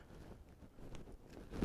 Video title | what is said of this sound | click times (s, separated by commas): Artillery3D Genius Pro - Unboxing, Assembly & First Print (previously streamed on Twitch) | we're going to put it in there and get a nice satisfying click from it | 0.9 s